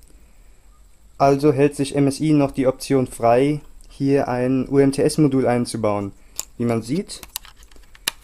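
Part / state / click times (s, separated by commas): SIM card into netbook SIM card slot / seated / 8.1 s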